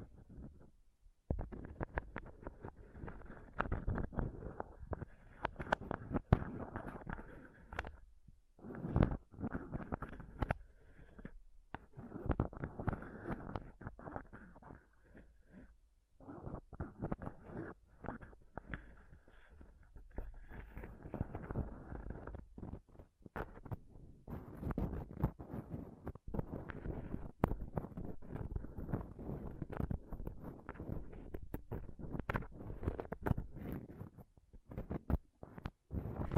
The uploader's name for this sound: Intense Mic Scratching & Touching Close-Up Mic Sounds